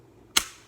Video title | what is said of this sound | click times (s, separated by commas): SPYPOINT Link-S 2 | and then what you want to do when you're closing this make sure you hear the click all the way so it's all the way seated | 0.4 s